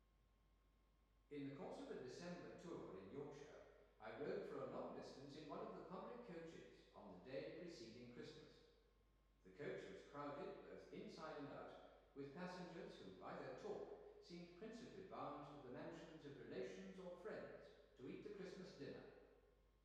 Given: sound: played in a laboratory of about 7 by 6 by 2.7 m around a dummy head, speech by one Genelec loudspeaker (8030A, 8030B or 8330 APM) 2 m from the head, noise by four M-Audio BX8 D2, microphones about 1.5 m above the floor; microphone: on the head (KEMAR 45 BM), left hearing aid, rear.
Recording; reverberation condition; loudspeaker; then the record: male speech in English; high; 60 degrees to the right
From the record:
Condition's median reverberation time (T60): about 1300 ms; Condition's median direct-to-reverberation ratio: about -4.0 dB